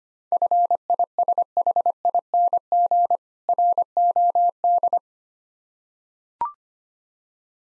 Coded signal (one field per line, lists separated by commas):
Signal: Morse code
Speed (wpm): 25 wpm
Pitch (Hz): 700 Hz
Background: none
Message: FISHING ROD